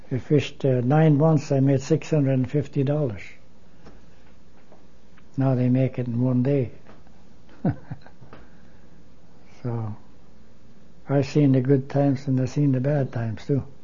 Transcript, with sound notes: We fished nine months, I made six hundred fifty dollars. Now they make it in one day. (he laughs) So, I've seen the good times, and I've seen the bad times, too.